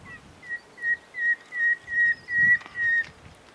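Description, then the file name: Common nightingale whistling a steady series of several level, drawn-out notes, evenly spaced, with faint low background noise. "Luscinia megarhynchos"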